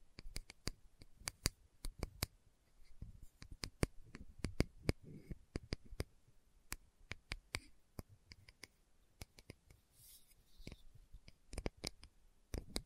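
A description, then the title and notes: Slow tapping: sharp, crisp clicks land at an uneven pace, sometimes in quick pairs and sometimes after pauses of a second or more. A soft, low rustle sits beneath some of the taps, and a faint hiss lingers between them. ASMR Slow Tapping for Deep Sleep (No Talking).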